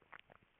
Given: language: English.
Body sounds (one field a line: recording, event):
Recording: throat vibration sensor signal played as sound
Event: swallow